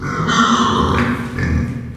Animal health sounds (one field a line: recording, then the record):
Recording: squeal of a Yucatan mini pig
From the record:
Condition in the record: after surgery on the right vocal fold (resection and tissue-engineered implant)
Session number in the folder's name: 15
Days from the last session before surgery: 175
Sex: female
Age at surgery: 19 weeks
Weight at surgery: 25 kg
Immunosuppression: prednisolone